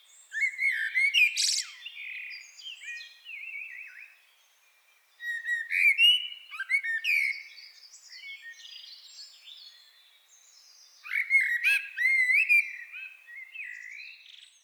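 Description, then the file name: Common blackbird singing three separate phrases, each a low, rich warble with high, thin squeaking notes. "Turdus merula"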